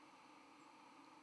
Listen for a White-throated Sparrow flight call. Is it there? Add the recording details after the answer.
no. Another species' flight call is heard. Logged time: 06:35 on 31 October 2014